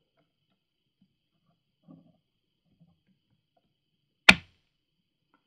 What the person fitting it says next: it'll snap in place